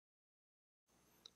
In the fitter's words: the connector into the arm until you hear a click sound